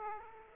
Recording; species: mosquito wingbeat signal from an infrared sensor; Aedes aegypti